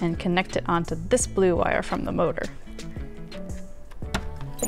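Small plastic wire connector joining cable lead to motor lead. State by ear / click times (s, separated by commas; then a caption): seated / 4.1 s. A blue wire from a cable is pressed into the blue wire connector from a motor, a small plastic connector joining the cable lead to the motor lead, while someone talks over music. The connector clicks into place at 4.2 s, seating the wire.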